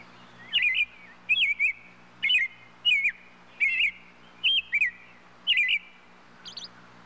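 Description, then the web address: Robin calling in a run of clear, wavering chirps about every three-quarters of a second, then a soft closing note, over a low steady hum. "bird robin robin calls animal"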